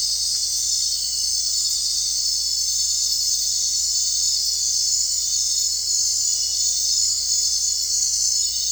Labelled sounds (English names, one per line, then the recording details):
none
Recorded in secondary vegetation near Puerto Asís, Putumayo, Colombia, on 22 June 2025 at 19:30
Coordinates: 0.499, -76.323
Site G077